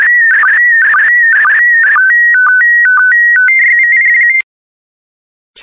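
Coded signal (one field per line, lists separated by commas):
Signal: SSTV (slow-scan television)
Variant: PD120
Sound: warbling electronic tone stepping between pitches, with short low blips about twice a second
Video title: 49014 Apes SSTV PD120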